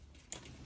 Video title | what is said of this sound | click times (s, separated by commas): JDC Evo 4-9 DIY COP Kit Instructions | we go heard a snap and it's in there okay the | 0.3 s